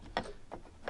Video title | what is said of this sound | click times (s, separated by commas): LEGO Creator Expert Police Station 10278 -- Collection Corner (S1:E2) | like that and clicks into place, and it's perfectly in place like | 0.2 s